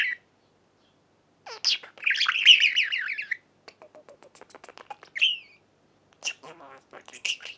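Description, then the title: Budgerigar warbling chatter: a long scratchy burst of rapid notes, then soft ticking clicks, a brief chirp, and a final cluster of harsh squeaky notes. "Budgie Sounds"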